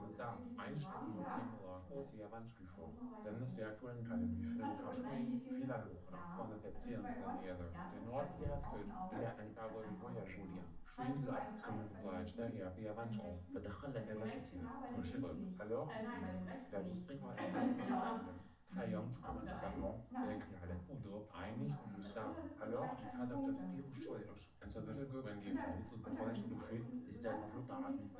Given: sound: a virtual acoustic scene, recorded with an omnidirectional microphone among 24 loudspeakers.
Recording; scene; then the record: noise of the scene; living room, asymmetric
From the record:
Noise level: 67 dB SPL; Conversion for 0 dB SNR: 5.4 dB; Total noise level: 72.4 dB SPL